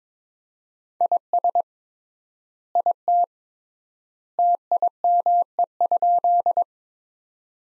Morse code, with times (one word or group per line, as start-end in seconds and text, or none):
1.0-1.6 IS
2.8-3.2 IT
4.4-6.6 TIME?